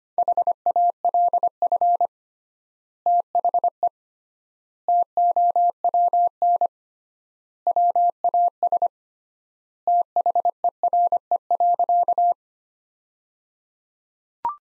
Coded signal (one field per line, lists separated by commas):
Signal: Morse code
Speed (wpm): 25 wpm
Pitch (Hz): 700 Hz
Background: none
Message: HALF THE TOWN WAS THERE.